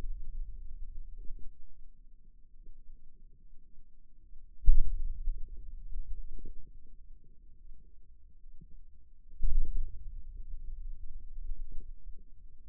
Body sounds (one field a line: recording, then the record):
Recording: forearm muscle sounds (acoustic myography)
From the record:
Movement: hand opening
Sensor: system 2, bracelet of six BSWA MPA416 microphones around the upper forearm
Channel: 1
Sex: male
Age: 22 years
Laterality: right